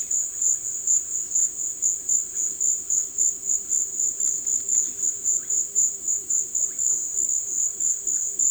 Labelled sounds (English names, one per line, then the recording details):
none
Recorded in secondary vegetation near Puerto Asís, Putumayo, Colombia, on 8 March 2025 at 17:00
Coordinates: 0.488, -76.319
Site G095